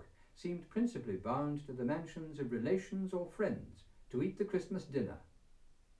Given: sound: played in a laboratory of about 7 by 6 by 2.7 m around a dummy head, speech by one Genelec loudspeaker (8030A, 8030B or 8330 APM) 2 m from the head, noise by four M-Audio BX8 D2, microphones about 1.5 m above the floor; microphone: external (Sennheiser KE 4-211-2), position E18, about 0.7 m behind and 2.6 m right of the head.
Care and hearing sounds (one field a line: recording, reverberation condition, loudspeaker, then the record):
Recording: male speech in English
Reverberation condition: low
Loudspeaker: 150 degrees to the left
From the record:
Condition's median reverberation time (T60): about 310 ms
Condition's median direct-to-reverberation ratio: about 3.5 dB